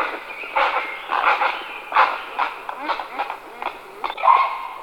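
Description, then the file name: Grey heron uttering a run of coarse, barking squawks, uneven in rhythm, ending with a longer nasal note. "volavka-popelavá"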